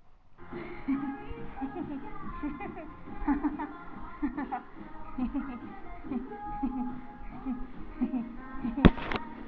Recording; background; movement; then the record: laughter; music; walking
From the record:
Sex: female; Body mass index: 22.6 kg/m2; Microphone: on the chest, facing the body